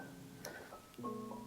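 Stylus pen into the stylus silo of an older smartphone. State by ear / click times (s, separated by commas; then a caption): not seated / none. A Samsung Galaxy S23 Ultra S Pen is pushed into the stylus silo of an older Galaxy S22 Ultra, under background music, with a short sharp tap at 0.45 s and a softer one at 0.94 s. The pen does not click or latch in, however hard it is pushed, so nothing has seated or clicked.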